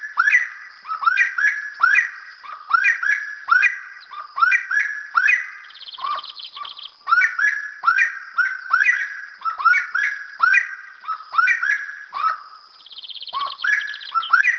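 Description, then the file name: Wood rail giving loud, harsh calls repeated in bursts, broken by a short buzzy rattle around six seconds and another near thirteen seconds. "Saracura"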